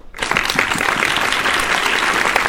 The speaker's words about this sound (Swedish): Det passar med en applåd där.